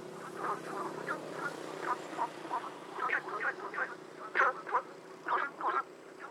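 Frog croaks in an uneven chorus of short croaky notes over a low steady background hum.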